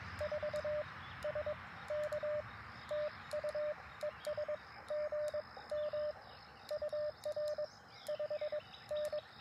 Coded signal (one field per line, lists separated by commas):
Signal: Morse code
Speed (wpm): 22 wpm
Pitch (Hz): 600 Hz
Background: none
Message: 4 SK TU ES GM UR 5N